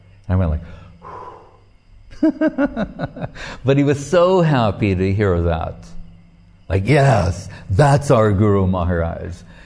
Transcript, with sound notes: And, I went like, “Whew” [laughing] But, he was so happy to hear that, like, “Yes, that's our Guru Mahārāj!